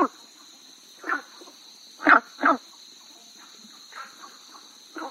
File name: gunthers brown frog